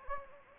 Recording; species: mosquito wingbeat signal from an infrared sensor; Anopheles gambiae